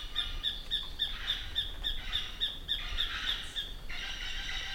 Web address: Tacarcuna tapaculo. صدای-پرنده-تپلک-پانامایی